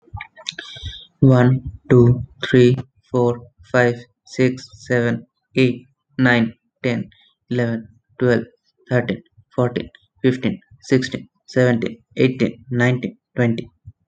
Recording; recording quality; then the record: counting at a normal pace; excellent, no background noise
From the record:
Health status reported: respiratory illness, not identified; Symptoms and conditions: asthma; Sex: male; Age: 26 years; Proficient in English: yes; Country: India